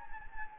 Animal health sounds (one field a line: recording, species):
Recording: mosquito wingbeat signal from an infrared sensor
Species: Anopheles gambiae